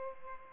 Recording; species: mosquito wingbeat signal from an infrared sensor; Culex pipiens